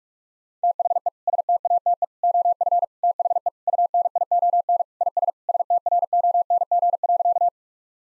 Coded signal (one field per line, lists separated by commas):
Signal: Morse code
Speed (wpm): 42 wpm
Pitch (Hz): 700 Hz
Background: none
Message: THE STATE OF THE UNION IS STRONG.